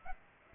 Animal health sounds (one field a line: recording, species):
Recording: mosquito wingbeat signal from an infrared sensor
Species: Aedes aegypti